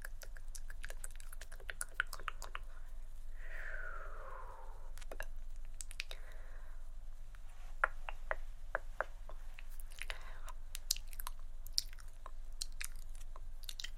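Hand movements mixed with assorted mouth sounds: quick tongue clicks and tk-tk taps scattered throughout, with denser bursts near the start and again around ten seconds. A smooth sliding shoop sweeps downward around the fourth second, over a steady low hum.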